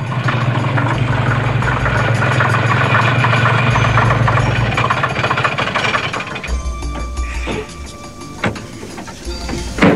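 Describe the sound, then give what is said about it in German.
A truck engine runs steadily with a loud low rumble and rattling mechanical knocking, the tone shifting slightly partway through as the motor keeps chugging along, the truck carrying passengers to Citrus Grove, a small community in California's mountain country. No one speaks. “Im Lastwagen eines Bekannten fuhren sie mit nach Citrus Grove, einer kleinen Gemeinde im kalifornischen Bergland.”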